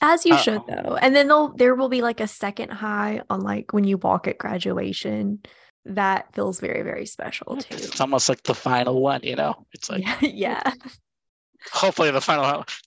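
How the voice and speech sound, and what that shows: Relaxed, fluent conversational speech from one adult, with casual fillers like "like" and "you know", lively pitch movement and short natural pauses. Some phrase endings trail into a light creaky voice. Normal speech with no sign of a voice or fluency disorder.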